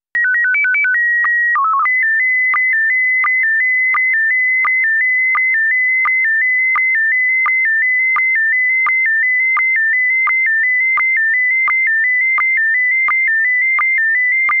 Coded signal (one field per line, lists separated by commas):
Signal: SSTV (slow-scan television)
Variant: PD 90